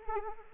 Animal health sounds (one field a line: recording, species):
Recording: mosquito wingbeat signal from an infrared sensor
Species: Anopheles arabiensis